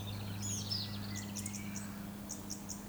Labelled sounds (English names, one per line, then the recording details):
Eurasian Woodcock whistle
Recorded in Baden-Württemberg, Germany, on 15 June 2020 at 20:08 UTC
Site 14569, 102 m above sea level